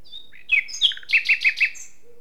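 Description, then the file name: Common nightingale song phrase: soft whistles lead into several loud, evenly repeated chirps, followed by a higher whistled note. "Luscinia megarhynchos"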